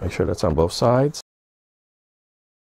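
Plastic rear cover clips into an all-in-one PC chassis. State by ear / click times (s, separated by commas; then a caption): not seated / none. The plastic rear cover of an HP all-in-one PC is being handled and pressed down along its edges so its plastic clips lock into the chassis. Someone talks for about 1.2 seconds, followed by silence. Nothing has snapped or seated yet.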